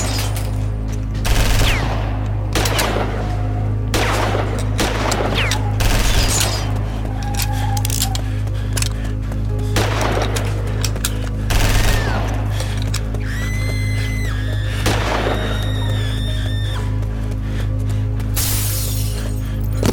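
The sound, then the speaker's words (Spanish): Loud, sharp gunshots crack out in irregular bursts over a steady low rumble, joined midway by high, wavering cries that rise and fall between the volleys. “En la cuarta cuadra te cruzas a tu hermanito, que en el medio del disparo queda tocado.”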